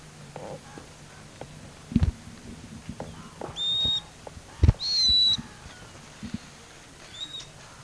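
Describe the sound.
Bird calls: two high, level whistles about a second apart, a fainter third later, among scattered knocks and clicks.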